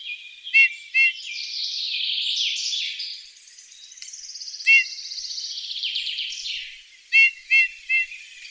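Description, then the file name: Eurasian bullfinch giving short, clear call notes, some in pairs, between stretches of busy chattering song. "Pyrrhula pyrrhula"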